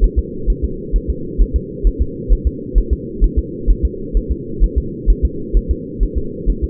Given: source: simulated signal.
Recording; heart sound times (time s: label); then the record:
fetal heart sounds
0.04 s: S1
0.19 s: S2
0.50 s: S1
0.65 s: S2
0.96 s: S1
1.10 s: S2
1.42 s: S1
1.56 s: S2
1.87 s: S1
2.02 s: S2
2.32 s: S1
2.47 s: S2
2.78 s: S1
2.93 s: S2
3.24 s: S1
3.39 s: S2
3.70 s: S1
3.85 s: S2
4.17 s: S1
4.32 s: S2
4.64 s: S1
4.78 s: S2
5.10 s: S1
5.25 s: S2
5.57 s: S1
5.71 s: S2
6.03 s: S1
6.18 s: S2
6.50 s: S1
6.64 s: S2
From the record:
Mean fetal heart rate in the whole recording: 130 bpm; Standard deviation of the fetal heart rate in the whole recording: 2 bpm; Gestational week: 36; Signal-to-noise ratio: -4.3 dB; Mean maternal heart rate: 72 bpm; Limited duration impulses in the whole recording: absent